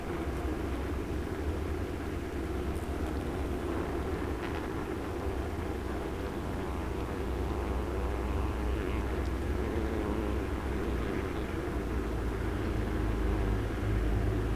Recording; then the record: honeybees, microphone in the hive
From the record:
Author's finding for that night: worker piping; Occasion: New Year's Eve 2019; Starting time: 1:53:50 AM